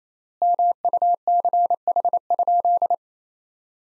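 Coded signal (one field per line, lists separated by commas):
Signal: Morse code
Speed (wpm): 28 wpm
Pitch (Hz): 700 Hz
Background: none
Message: MUCH?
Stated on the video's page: Morse practice: sentences from the top 200 words at 28 wpm with 4x word spacing, a word-based version of Farnsworth spacing.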